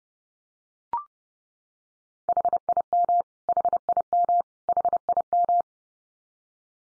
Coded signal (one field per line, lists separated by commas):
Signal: Morse code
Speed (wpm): 30 wpm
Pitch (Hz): 700 Hz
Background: none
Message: HIM HIM HIM